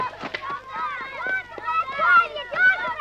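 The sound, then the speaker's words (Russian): Children's excited voices ring out as they run along a dirt village road between wooden fences and houses, a quick, uneven patter of footsteps with a few sharp wet slaps as their feet splash straight through a huge puddle. “Дети бегут прямо по ней.”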